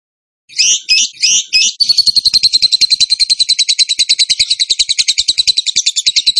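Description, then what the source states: Bird song opening with four slurred, warbling phrases, then breaking into a long, rapid, even series of shrill repeated chirps. Masteran (training recording) in the tembakan gacor song style.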